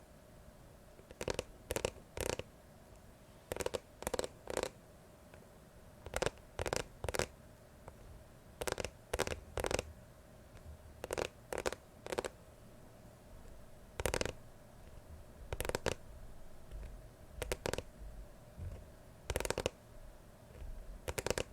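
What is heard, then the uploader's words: Crisp tapping and scratching comes in quick clusters of two or three strokes every second or two, over a quiet, faint hum. Ear to Ear tapping, scratching, brushing (No Talking).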